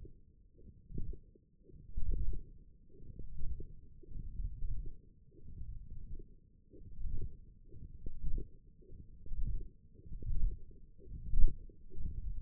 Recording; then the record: forearm muscle sounds (acoustic myography)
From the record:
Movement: hook grip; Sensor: system 1, eight BSWA MPA416 microphones around the upper forearm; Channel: 5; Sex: male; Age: 21 years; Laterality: right